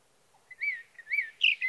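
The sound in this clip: Sage thrasher song fragment: a few slurred, whistled notes rising and falling, ending in a brighter burst, with a quiet background.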